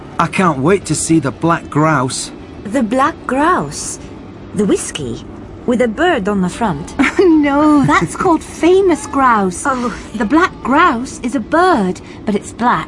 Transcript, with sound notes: I can’t wait to see the black grouse.
The black grouse? The whiskey? With a bird on the front?
{laughs} No, that’s called Famous Grouse – The black grouse is a bird, but it’s black.